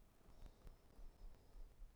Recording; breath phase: one breath near a microphone; inhalation